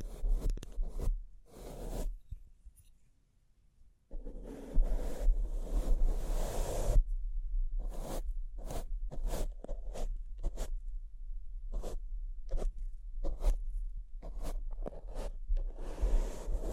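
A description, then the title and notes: Bling bling triggers: quick, bright rattling and scraping bursts, some short clicks and some longer rustling sweeps lasting a second or two. Near-silence from about two to four seconds, then dense, irregular activity continues. A steady low hum sits underneath throughout. Bling Bling Triggers.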